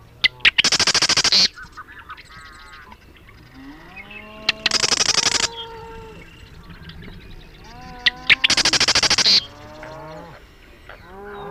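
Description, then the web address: Marsh wren song: three loud, buzzy, chattering trills, each about a second long and repeated roughly every four seconds, with soft wavering harmonic calls in the gaps. "Marsh Wren Sounds --LNSCourse Cassette"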